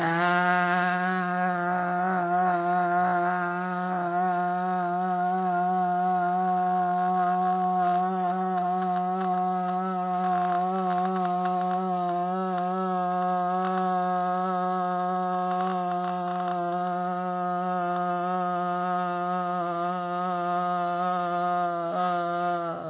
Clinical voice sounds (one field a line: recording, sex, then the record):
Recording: sustained vowel /a/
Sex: female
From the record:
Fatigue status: no fatigue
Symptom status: symptomatic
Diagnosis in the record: COVID-19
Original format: 3gp